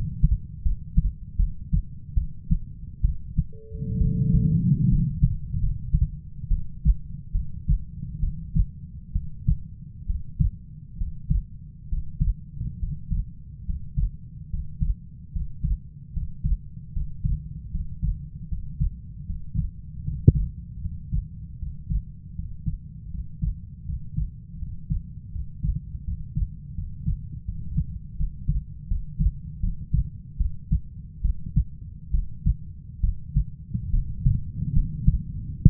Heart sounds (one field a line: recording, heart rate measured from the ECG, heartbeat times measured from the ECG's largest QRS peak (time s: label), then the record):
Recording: heart sounds by stethoscope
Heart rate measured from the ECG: 74 bpm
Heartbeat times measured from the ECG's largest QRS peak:
0.62 s: heartbeat
1.36 s: heartbeat
2.14 s: heartbeat
3.01 s: heartbeat
3.98 s: heartbeat
4.88 s: heartbeat
5.59 s: heartbeat
6.48 s: heartbeat
7.32 s: heartbeat
8.20 s: heartbeat
9.12 s: heartbeat
10.06 s: heartbeat
10.97 s: heartbeat
11.88 s: heartbeat
12.79 s: heartbeat
13.65 s: heartbeat
14.49 s: heartbeat
15.32 s: heartbeat
16.12 s: heartbeat
16.92 s: heartbeat
17.71 s: heartbeat
18.48 s: heartbeat
19.26 s: heartbeat
20.03 s: heartbeat
20.81 s: heartbeat
21.58 s: heartbeat
22.34 s: heartbeat
23.10 s: heartbeat
23.85 s: heartbeat
24.58 s: heartbeat
25.31 s: heartbeat
26.03 s: heartbeat
26.74 s: heartbeat
27.45 s: heartbeat
28.16 s: heartbeat
28.87 s: heartbeat
29.60 s: heartbeat
30.37 s: heartbeat
31.21 s: heartbeat
32.10 s: heartbeat
33.00 s: heartbeat
33.90 s: heartbeat
34.72 s: heartbeat
35.64 s: heartbeat
From the record:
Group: healthy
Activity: rest 0-3 s, Valsalva maneuver 3-33 s, rest 33-36 s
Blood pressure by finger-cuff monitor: 131/69 mmHg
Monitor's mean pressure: 87 mmHg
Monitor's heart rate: 75 bpm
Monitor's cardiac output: 5.7 L/min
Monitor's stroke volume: 80 mL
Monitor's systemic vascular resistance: 1040 dyn s/cm5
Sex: female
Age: 37 years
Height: 168 cm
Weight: 70 kg